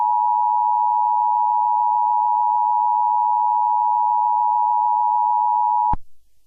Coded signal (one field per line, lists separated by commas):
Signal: Emergency Alert System (SAME) tones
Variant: 853 and 960 Hz attention tone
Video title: Eas scenario - Evil Barney Invasion (LIPRA SEVEN RE-UPLOAD)